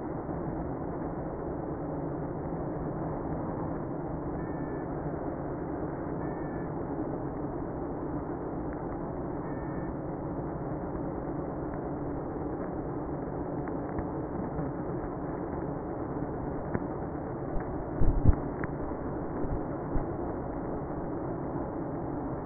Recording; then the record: honeybee colony, microphone inside the hive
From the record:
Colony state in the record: queenless (queen removed); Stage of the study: after two queens were removed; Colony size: about 60,000 bees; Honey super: yes